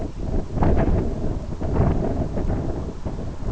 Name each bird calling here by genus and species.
none